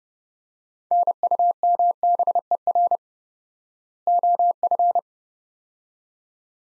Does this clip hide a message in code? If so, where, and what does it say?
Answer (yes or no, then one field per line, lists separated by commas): yes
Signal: Morse code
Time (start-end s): 0.9-5.0 s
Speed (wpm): 30 wpm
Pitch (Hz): 700 Hz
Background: none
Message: NUMBER OF